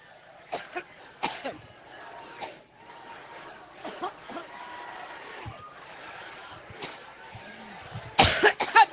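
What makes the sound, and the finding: Adult woman at a rally. Coughing fit with throat clearing.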